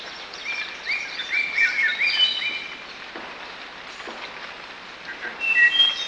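Bird whistling, several clear slurred notes in a short run, then a brief whistle near the end, with continuous hiss underneath.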